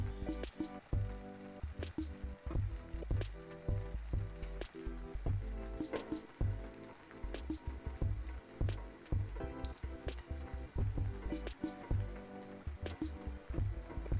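Rainy tea time ambience: a dense, steady low rumble runs throughout, with sharp taps and clinks scattered every second or so. Soft thumps recur in a loose rhythm, and faint sustained tones hum underneath, like quiet music playing in the background.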